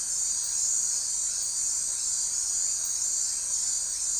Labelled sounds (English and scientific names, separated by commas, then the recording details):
none
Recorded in forest near Pivijay, Magdalena, Colombia, on 2 June 2023 at 19:30
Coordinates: 10.467, -74.380
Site Z5-G034